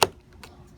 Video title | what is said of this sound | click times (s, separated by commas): DIY E46 M3 LOOSE MIRROR FIX BMW EASY STEP BY STEP | heard it go down you heard it snap | 0.0 s